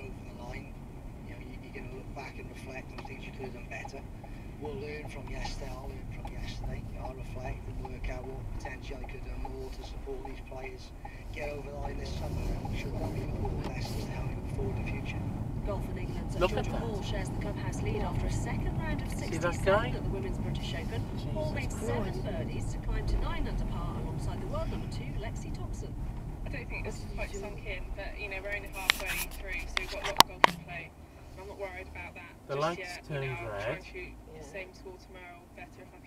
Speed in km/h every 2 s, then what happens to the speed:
26, 21, 15, 8, 10, 24, 32, 37, 34, 31, 29, 23, 15, 0, 0, 0, 0, 0.
0-7 slows to 8. 7-15 speeds up to 37. 15-26 slows to 0. 26-36 standing.